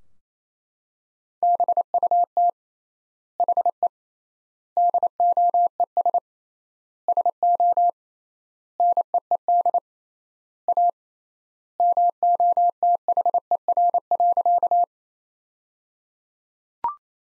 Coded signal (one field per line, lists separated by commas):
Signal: Morse code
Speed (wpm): 28 wpm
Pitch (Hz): 700 Hz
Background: none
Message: BUT HE DOES SO NEED A MOTHER.